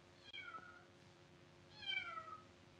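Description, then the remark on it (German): A cat meows twice, each cry a drawn-out call that slides downward in pitch, with a short pause between them, over a low, steady background hum; the meowing comes from outside Meister Eder's quiet workshop on a cold, rainy day. “In der Werkstatt lief gerade keine von Meister Eders lärmenden Maschinen, und so war es derart still, dass man deutlich ein Miauen hören konnte.”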